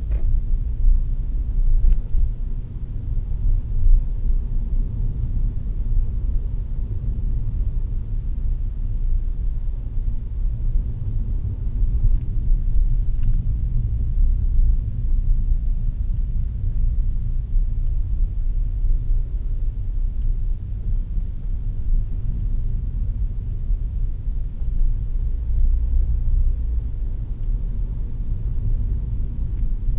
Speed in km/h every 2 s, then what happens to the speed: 32, 37, 38, 34, 36, 34, 29, 22, 26, 27, 28, 30, 37, 37, 28.
0-3 speeds up to 38. 3-9 steady at about 36. 9-15 slows to 22. 15-26 speeds up to 37. 26-30 slows to 28.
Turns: 18-21.